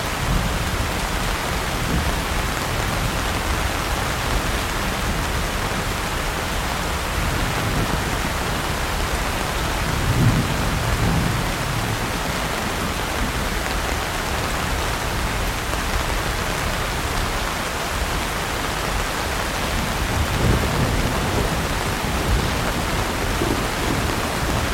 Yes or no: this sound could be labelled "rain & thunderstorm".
yes